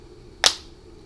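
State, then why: Released. A tool wedged into the notch on top of a Tesla Model X plastic key fob levers the case halves apart to open it for battery replacement. A single sharp, bright click rings out at 0.5 s and fades quickly, and the fob case pops open.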